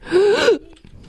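A single loud, high-pitched, musical intake of breath lasting about half a second, with no cough burst before it. A child imitates the whoop of whooping cough, the noisy gasp that follows a coughing fit.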